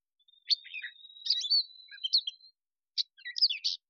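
Catbird giving a jumble of squeaky, scratchy chirps and slurred notes, with a thin steady whistle-like tone running beneath the first half.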